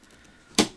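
A RAM memory module is pressed down with both thumbs, one side then the other, into a motherboard DIMM slot. After faint low-level handling noise, one sharp click at 0.6 s shows the module seating and locking into the slot.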